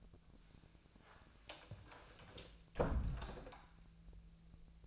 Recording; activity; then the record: daily activity, microphone in the room; close door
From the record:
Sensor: 2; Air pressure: 1000.3 hPa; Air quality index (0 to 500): 171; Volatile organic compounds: 3 ppm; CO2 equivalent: 1420 ppm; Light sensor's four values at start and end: 10/24/10/11 and 10/23/10/10